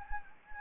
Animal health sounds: mosquito wingbeat signal from an infrared sensor; Anopheles gambiae

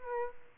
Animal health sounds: mosquito wingbeat signal from an infrared sensor; Aedes aegypti

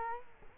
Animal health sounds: mosquito wingbeat signal from an infrared sensor; Culex quinquefasciatus

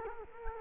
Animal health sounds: mosquito wingbeat signal from an infrared sensor; Culex quinquefasciatus

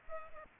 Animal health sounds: mosquito wingbeat signal from an infrared sensor; Culex pipiens

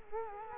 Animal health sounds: mosquito wingbeat signal from an infrared sensor; Culex quinquefasciatus

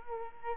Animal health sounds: mosquito wingbeat signal from an infrared sensor; Culex quinquefasciatus

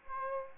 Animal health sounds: mosquito wingbeat signal from an infrared sensor; Aedes albopictus

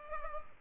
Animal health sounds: mosquito wingbeat signal from an infrared sensor; Culex pipiens

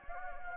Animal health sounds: mosquito wingbeat signal from an infrared sensor; Anopheles gambiae

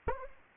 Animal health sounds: mosquito wingbeat signal from an infrared sensor; Anopheles arabiensis

